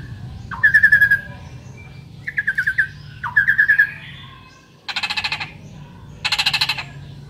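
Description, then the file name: Asian pied starling repeating short stuttering, buzzy phrases, followed by two broader harsh rasping bursts, over a low steady background hum. Local Indonesian name jalak suren; described as a champion bird. "suara burung jalak suren juara"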